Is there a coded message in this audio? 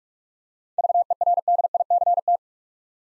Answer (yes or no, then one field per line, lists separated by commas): yes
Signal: Morse code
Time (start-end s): 0.8-2.4 s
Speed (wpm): 44 wpm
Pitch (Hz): 700 Hz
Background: none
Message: VERDICT